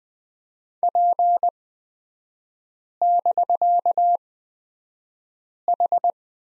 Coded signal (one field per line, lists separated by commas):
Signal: Morse code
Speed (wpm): 20 wpm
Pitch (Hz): 700 Hz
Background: none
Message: P<BK>H